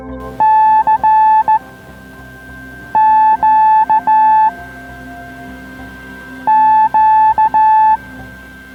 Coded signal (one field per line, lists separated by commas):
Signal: Morse code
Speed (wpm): 15 wpm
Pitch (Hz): 870 Hz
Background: music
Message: CQQ